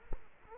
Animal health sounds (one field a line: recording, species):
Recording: mosquito wingbeat signal from an infrared sensor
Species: Culex quinquefasciatus